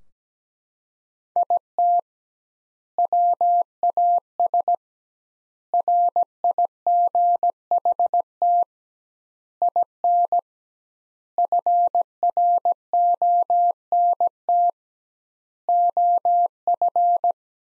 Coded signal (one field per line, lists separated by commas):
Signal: Morse code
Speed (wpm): 17 wpm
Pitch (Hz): 700 Hz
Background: none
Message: IT WAS RIGHT IN FRONT OF